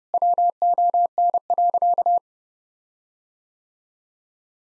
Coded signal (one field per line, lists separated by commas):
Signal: Morse code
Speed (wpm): 30 wpm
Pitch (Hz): 700 Hz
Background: none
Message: WON.